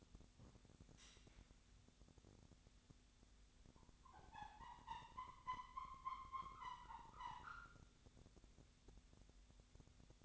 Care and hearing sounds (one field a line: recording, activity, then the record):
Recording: daily activity, microphone in the room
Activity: wipe stove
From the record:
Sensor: 3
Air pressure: 1007.0 hPa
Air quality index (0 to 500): 204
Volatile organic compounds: 18 ppm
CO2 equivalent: 2616 ppm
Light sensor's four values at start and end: 11/27/11/11 and 11/27/11/11